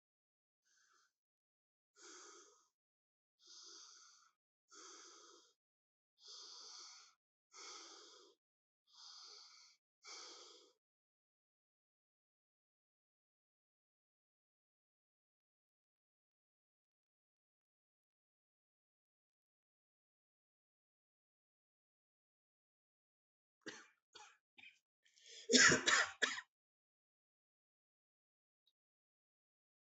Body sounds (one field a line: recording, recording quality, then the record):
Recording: shallow breathing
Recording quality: excellent, no background noise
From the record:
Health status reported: healthy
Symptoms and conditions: hypertension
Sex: male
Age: 55 years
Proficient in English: yes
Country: India